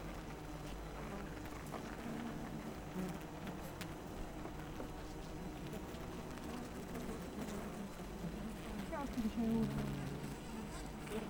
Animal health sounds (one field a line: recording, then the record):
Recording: honeybee colony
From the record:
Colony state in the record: missing queen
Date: 14 July 2017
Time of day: 7:28